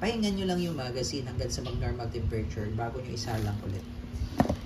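Someone talks about letting a cold gas magazine rest until it returns to normal temperature before loading it, since a cold magazine may keep the slide from locking, while working a WE Airsoft 1911 Full Metal Classic Type A airsoft pistol. A sharp metallic click at 4.4 s marks the slide lock engaging, and the slide locks again.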